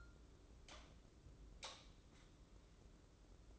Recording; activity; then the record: daily activity, microphone in the room; light on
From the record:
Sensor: 3